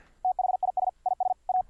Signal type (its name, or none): Morse code